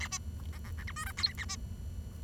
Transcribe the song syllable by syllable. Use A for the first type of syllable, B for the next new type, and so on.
A B C C D E F G H A B